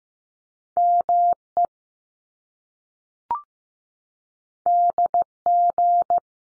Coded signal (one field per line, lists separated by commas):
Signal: Morse code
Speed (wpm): 15 wpm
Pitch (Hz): 700 Hz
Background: none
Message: M E D G